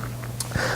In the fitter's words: when inserting the stem you will find it clicks into place and is secured safely with a magnet